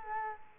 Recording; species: mosquito wingbeat signal from an infrared sensor; Culex quinquefasciatus